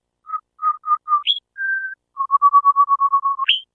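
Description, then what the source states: Rufous-and-white wren singing clear whistled phrases: four short notes, a sharp upward sweep, a held tone, then a fast run of repeated notes ending in another rising sweep. Female part of a male-female duet separated out; female songs are higher pitched than the male's fluty, low-pitched, melodic songs.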